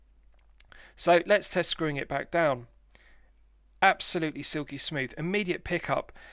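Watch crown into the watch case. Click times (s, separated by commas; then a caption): 0.7 s. A steel watch crown is pushed back into the watch case from the time-setting position, giving a sharp positive click at 0.7 s that seats it and restarts the movement. Someone then talks.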